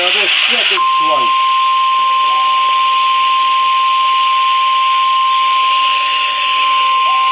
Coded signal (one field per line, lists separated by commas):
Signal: Emergency Alert System (SAME) tones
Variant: 1050 Hz attention tone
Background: speech